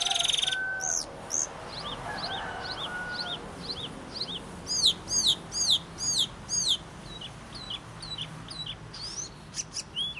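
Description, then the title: Cucak keling song built from a brief rattle followed by many repeated sharp downswept chirps over steady background hiss. Gacor, persistent singing, described as unusual. "Cucak Keling Gacor Unik"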